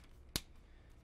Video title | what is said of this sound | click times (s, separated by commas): C-more & C-more Micro Operator Interface Overview from AutomationTalk | you know so you've got the removable power terminals snap that in | 0.4 s